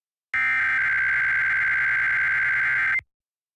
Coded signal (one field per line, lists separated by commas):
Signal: Emergency Alert System (SAME) tones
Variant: header bursts